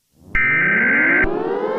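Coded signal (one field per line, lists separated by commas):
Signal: Emergency Alert System (SAME) tones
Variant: header bursts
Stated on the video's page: Fictional EAS scenario; the SAME tones are part of a made-up alert, not a real broadcast.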